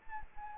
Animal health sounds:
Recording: mosquito wingbeat signal from an infrared sensor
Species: Anopheles gambiae

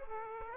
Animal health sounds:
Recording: mosquito wingbeat signal from an infrared sensor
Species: Aedes aegypti

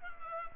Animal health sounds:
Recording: mosquito wingbeat signal from an infrared sensor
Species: Culex pipiens

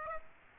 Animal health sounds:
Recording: mosquito wingbeat signal from an infrared sensor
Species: Aedes aegypti

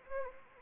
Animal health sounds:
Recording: mosquito wingbeat signal from an infrared sensor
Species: Anopheles arabiensis

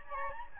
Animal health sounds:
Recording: mosquito wingbeat signal from an infrared sensor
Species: Aedes albopictus

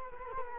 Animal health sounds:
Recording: mosquito wingbeat signal from an infrared sensor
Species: Culex quinquefasciatus

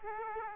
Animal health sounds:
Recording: mosquito wingbeat signal from an infrared sensor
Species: Aedes aegypti

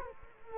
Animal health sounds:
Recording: mosquito wingbeat signal from an infrared sensor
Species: Culex quinquefasciatus

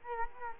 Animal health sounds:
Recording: mosquito wingbeat signal from an infrared sensor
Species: Culex quinquefasciatus

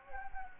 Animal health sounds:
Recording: mosquito wingbeat signal from an infrared sensor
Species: Anopheles gambiae

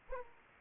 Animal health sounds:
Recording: mosquito wingbeat signal from an infrared sensor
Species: Aedes aegypti

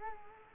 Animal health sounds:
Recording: mosquito wingbeat signal from an infrared sensor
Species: Culex quinquefasciatus

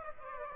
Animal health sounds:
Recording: mosquito wingbeat signal from an infrared sensor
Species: Aedes aegypti

